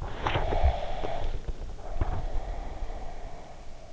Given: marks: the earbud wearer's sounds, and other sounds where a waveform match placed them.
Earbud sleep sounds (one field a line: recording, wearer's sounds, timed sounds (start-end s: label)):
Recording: sounds in sleep by an in-ear microphone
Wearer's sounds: breath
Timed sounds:
0.00-3.71 s: breath